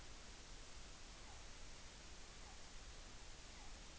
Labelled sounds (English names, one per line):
Morepork weow call